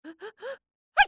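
Three quick, voiced catching breaths rise in pitch, then after a brief pause a single sharp, explosive burst follows: the typical build-up and release of one sneeze.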